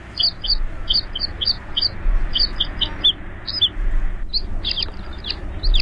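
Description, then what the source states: American Pipit calls: short, thin high notes repeated in quick pairs and series throughout, with a steady low rumble of background noise. Played on the radio show as the mystery bird sound.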